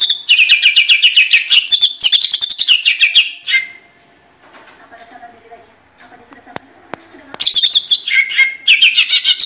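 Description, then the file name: Greater green leafbird singing fast, rattling strings of bright chirps that rise and fall. A quiet stretch of faint low hum and a couple of clicks comes before the song resumes. National champion bird. "suara cucak ijo juara nasional"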